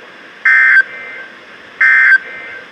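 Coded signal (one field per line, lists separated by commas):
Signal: Emergency Alert System (SAME) tones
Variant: end-of-message bursts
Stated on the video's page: Severe thunderstorm warning received from two NOAA weather radio transmitters.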